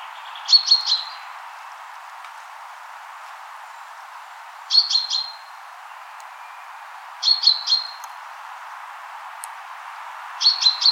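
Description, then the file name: Common chaffinch calling: short clusters of three or four high, sharp notes, each burst coming every few seconds against a quiet background. "Fringilla coelebs"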